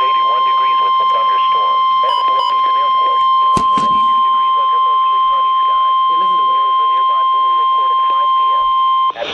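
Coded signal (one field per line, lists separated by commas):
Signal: Emergency Alert System (SAME) tones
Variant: 1050 Hz attention tone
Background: speech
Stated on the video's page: Real Severe Thunderstorm Warnings from NWS Sterling, received on Radioshack 12-382 and Midland WR-100 weather radios.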